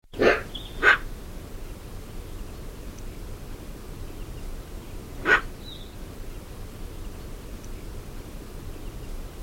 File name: Pica pica